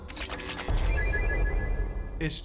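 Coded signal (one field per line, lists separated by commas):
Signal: none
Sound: a game's probe beeps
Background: speech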